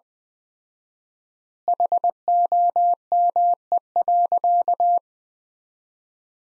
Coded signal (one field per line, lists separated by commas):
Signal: Morse code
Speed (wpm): 20 wpm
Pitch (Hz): 700 Hz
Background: none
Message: HOME.